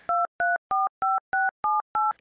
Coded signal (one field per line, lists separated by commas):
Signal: DTMF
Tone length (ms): 180 ms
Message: 2345678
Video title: How I Became a Phone Phreak, part 1